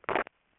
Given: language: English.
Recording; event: throat vibration sensor signal played as sound; swallow